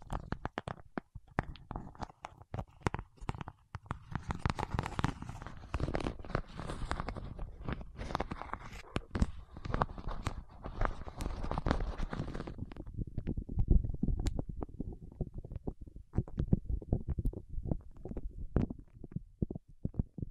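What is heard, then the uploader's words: Fingertips work in wax, making a dense run of quick sticky taps, crackles and squelches with low thuds underneath. For the first dozen seconds the crackle is bright and crisp; after that the sharp top fades, leaving duller, softer pats and rubbing. ASMR with Wax Fingertips for Sleep (No Talking).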